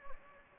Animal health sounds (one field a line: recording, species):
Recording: mosquito wingbeat signal from an infrared sensor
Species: Anopheles gambiae